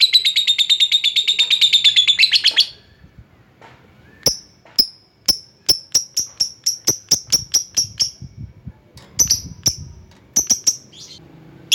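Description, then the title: Lovebird calls: a fast buzzy rattling trill of about two and a half seconds, then a run of sharp high chips, some in quick clusters, with pauses between bursts. Lovebird calling a rival. "Lovebird Memanggil Lawan"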